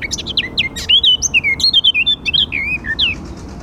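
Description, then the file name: Eurasian blackcap song, a rapid run of scratchy notes that turns into loud, clear fluty whistles sliding up and down, ending with softer twitters. "Sylvia atricapilla"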